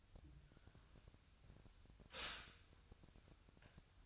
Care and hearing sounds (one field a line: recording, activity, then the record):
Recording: daily activity, microphone in the room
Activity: stop toaster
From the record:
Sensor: 2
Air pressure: 1001.9 hPa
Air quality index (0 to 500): 246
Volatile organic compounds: 37 ppm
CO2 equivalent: 3099 ppm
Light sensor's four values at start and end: 9/30/12/11 and 9/30/12/11